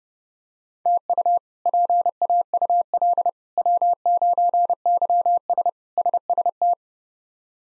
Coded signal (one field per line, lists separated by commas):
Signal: Morse code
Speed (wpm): 30 wpm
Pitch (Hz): 700 Hz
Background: none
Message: TU PAUL W9YS SST